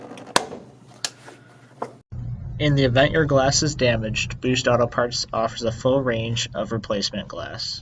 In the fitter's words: then place your fingers as close to the center as possible and pry out till it snaps off